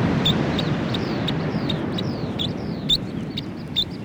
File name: nz dotterel song